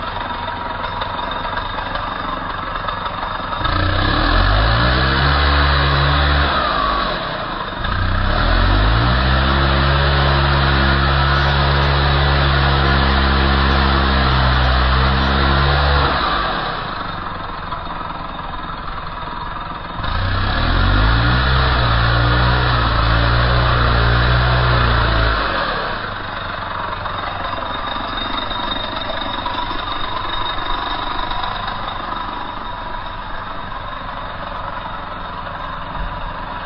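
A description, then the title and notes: A chainsaw idles with a steady rattling buzz, then revs hard twice: a long burst from about 4 to 16 seconds and a shorter one from 20 to 26 seconds. Each rev climbs to a loud, throaty roar before dropping back to the idle. Chainsaws. Recorded by Dan Bodah in Dingmans Ferry, PA.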